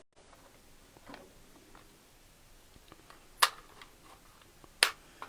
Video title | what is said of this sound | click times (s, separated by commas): T350 Show: 12/20/22 - Magazines | And just till it snaps. | 4.8 s